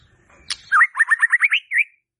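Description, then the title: White-rumped shama song: a sharp click, then a quick run of about six rising whistled notes and a final slurred note. Lure to provoke a stressed, jammed White-rumped shama that is not singing. "PANCINGAN Murai Batu STRES & MACET"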